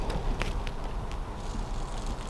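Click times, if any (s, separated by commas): none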